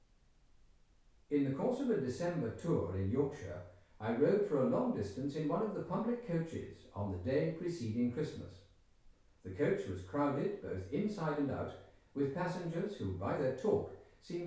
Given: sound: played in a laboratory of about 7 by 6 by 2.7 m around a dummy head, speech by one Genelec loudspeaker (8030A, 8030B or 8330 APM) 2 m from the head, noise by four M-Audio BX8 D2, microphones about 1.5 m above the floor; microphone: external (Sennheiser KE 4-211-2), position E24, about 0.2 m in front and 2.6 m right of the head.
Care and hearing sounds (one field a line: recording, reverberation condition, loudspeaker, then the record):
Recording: male speech in English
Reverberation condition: medium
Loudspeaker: 150 degrees to the right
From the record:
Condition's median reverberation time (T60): about 510 ms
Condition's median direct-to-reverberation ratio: about -0.5 dB